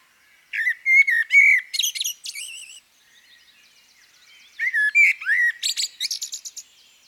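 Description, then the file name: Common blackbird with two phrases of mellow, slurred whistles, each broken off by a thin, high chattering flourish. "CHernyj drozd - Turdus merula - British Library"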